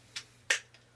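A Raven Vanguard 2 trigger guard holster is brought in from the side onto a Glock pistol's trigger guard. A faint tick at 0.2 s is followed by a loud, sharp click at 0.5 s as it snaps on and seats, then a soft tick at 0.7 s over a steady low hum.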